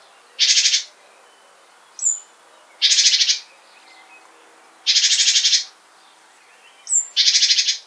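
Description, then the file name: Great tit giving harsh, buzzy churring rattles, four short bursts, with a couple of brief high thin notes in between. "Parus major"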